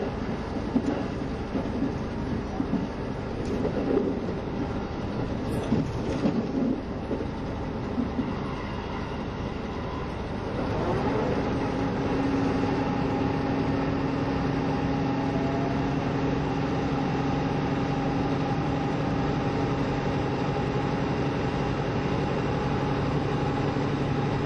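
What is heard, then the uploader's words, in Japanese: The KiHa 72 Yufuin no Mori diesel train runs toward Hakata with a dense, constant rumble throughout. The first ten seconds are rougher, with a few jolts and rattles around five to seven seconds. After that, a smoother, steady engine drone with sustained tones takes over. 配信は、JR九州キハ72系 ゆふいんの森06号02 うきは～博多です。走行音。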